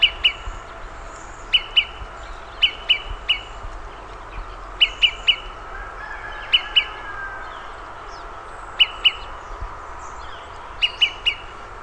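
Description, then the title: Olive-sided flycatcher giving sharp, short pip notes in quick bursts of two or three, repeated every second or two over a steady background hiss. "LuckyPassaro Completos2Sama. Olive-sided Flycatcher (Contopus cooperi)"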